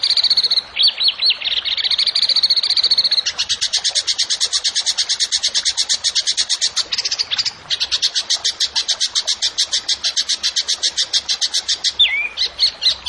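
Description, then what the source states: Zebra finch song: a long, very fast trill of high buzzy notes that runs for seconds, briefly broken, with a few whistled slurs near the start and end. Masteran, a training recording for songbirds; the bird is singing actively (gacor).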